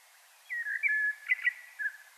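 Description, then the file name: Common blackbird delivering a short, low, fluted warble of a few slurred notes over a light background hiss. "Turdus merula"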